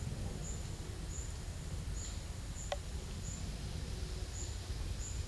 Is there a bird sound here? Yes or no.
no